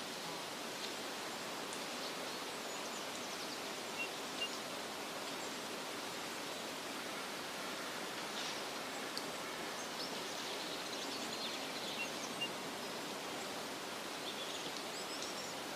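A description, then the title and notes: Woodland ambience made of a steady, dense hiss like running water or wind through leaves, even in level for the whole stretch. Faint small ticks and brief bright chirps surface now and then near four, nine and twelve seconds. 3hrs of Woodland Sounds.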